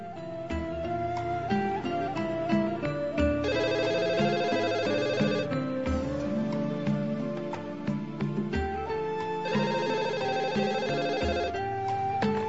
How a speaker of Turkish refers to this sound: Öğleden sonra hastaneden bir telefon daha geldi.